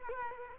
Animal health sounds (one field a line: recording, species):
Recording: mosquito wingbeat signal from an infrared sensor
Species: Culex quinquefasciatus